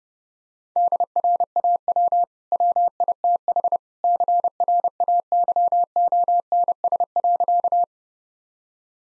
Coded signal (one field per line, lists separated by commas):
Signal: Morse code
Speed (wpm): 30 wpm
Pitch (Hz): 700 Hz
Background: none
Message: DRAW WITH CRAYONS.